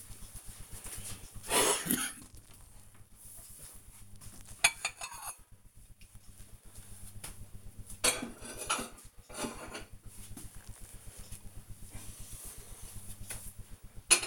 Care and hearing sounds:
household activities, microphone on the right wrist
0.77-14.27 s: putting away the dishes

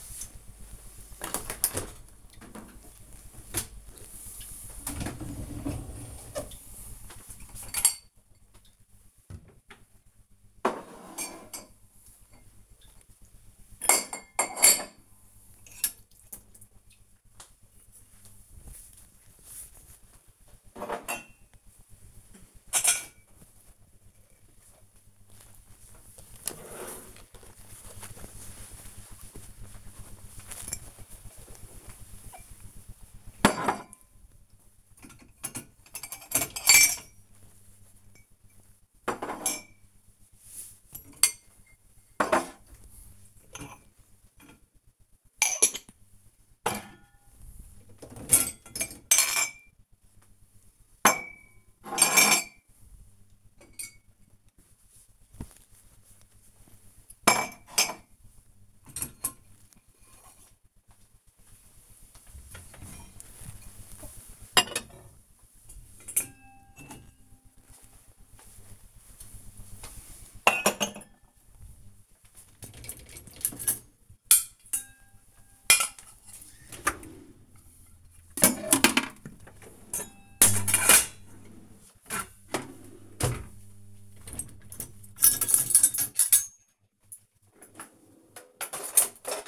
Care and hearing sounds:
household activities, microphone on the right wrist
0.00-89.48 s: cleaning out the dishwasher

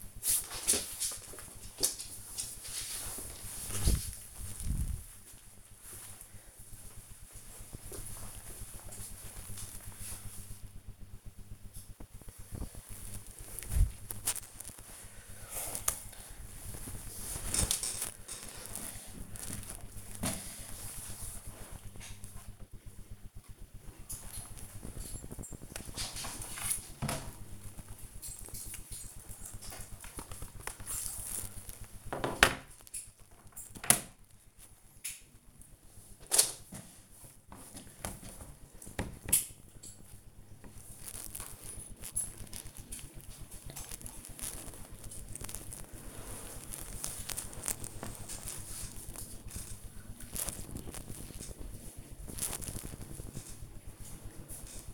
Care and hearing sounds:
household activities, microphone on the right wrist
0.00-14.43 s: petting the dog
40.59-54.94 s: working on the computer

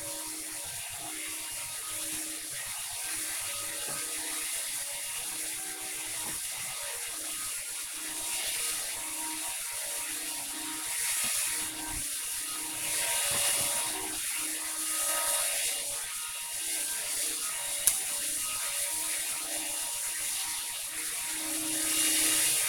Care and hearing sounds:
household activities, microphone on the right wrist
0.00-22.69 s: vacuum cleaning

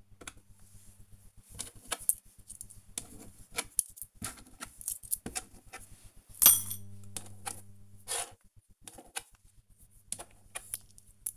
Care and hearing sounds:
household activities, microphone on the right wrist
0.00-11.37 s: tidy up the cupboard

